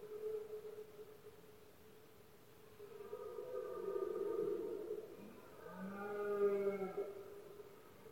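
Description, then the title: Red deer roars: a quiet moan, then a swelling drawn-out bellow, followed by another rich harmonic roar. Rut of male deer in Spain, called berrea or brama del ciervo; powerful bellows of stags, heard especially at night when the surroundings are quietest. "Paisaje sonoro: Berrea"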